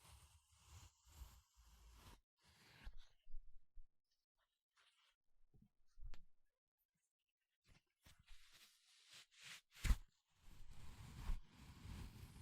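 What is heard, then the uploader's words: Glove sounds come in short bursts of rustling and rubbing, separated by stretches of near silence between about 4 and 8 seconds. A sharp snap lands near the ten-second mark, followed by steady, dense rubbing through the end. 5 different GLOVES Sounds. (No Talking).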